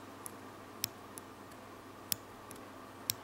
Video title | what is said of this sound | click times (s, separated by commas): Knife Review : Buck 754 NRG | that you feel when the detent drops and what I mean by that is as I open this you're going to hear a click | 0.8 s, 2.1 s, 3.1 s